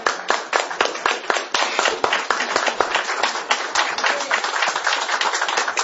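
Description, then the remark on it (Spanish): An audience applauds with dense, rapid clapping that stays steady and fairly loud for several seconds, individual claps blurring into a continuous crackle. “Piensen, no es una cosa, señores, de aplaudir.”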